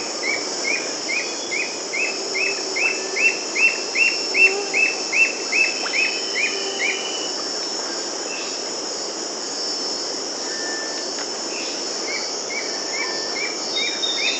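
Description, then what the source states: Rufous-capped nunlet song: a steady run of short notes, about two and a half per second, swelling then fading, later a softer series, over constant insect hiss. South America.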